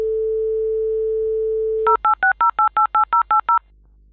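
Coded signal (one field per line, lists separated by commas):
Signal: DTMF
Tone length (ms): 120 ms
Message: 0860888080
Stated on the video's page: Royalty-free 56k modem sound clip used in a self-made composition.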